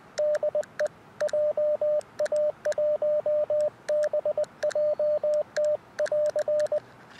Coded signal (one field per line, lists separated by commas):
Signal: Morse code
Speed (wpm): 20 wpm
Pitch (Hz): 610 Hz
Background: radio noise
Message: DE JA1BJT <AR>